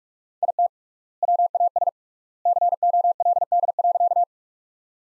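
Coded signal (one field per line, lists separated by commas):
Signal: Morse code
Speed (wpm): 46 wpm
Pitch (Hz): 700 Hz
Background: none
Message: IT WAS COLD.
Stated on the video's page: Practice sentences at 45 wpm with 3x standard word spacing, a word-based Farnsworth-like method.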